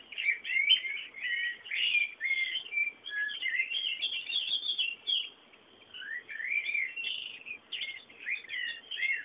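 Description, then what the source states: Birds chirping in a continuous run of rapid chirps, trills and short rising whistles. Background bird sounds.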